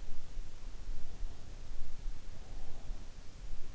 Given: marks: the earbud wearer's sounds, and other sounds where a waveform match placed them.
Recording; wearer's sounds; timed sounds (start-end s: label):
sounds in sleep by an in-ear microphone; breath
0.96-3.19 s: breath